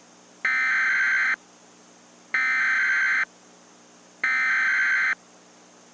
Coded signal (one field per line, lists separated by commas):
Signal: Emergency Alert System (SAME) tones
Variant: header bursts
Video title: EAS Mock: Fire Tornado?? (Requested)